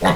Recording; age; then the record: pig call; piglet (1 to 25 days)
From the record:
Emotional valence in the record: positive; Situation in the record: reunion after long isolation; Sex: female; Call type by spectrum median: low-frequency call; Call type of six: low-frequency tonal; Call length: 0.16 s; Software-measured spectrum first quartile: 358 Hz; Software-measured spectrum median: 766 Hz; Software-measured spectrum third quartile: 1458 Hz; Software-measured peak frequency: 176 Hz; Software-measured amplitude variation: 105 dB a second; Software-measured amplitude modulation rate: 9.3 a second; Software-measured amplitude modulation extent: 11.4 dB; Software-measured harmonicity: 0.1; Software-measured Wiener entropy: -1.16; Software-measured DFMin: 932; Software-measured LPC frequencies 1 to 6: 714, 1896, 3053, 3778, 5277, 5875 Hz